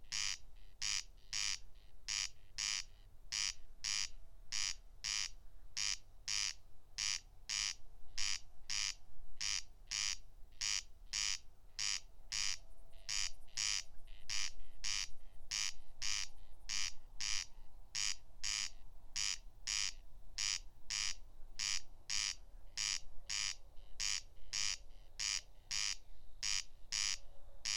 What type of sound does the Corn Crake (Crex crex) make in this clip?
song